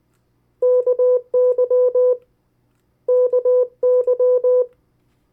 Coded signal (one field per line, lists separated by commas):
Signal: Morse code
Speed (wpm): 19 wpm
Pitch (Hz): 500 Hz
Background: none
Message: KY KY